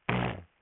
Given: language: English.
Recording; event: throat vibration sensor signal played as sound; throat clearing